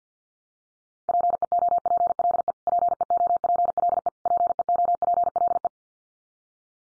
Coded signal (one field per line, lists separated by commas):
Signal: Morse code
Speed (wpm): 50 wpm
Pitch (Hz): 700 Hz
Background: none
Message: PEOPLE PEOPLE PEOPLE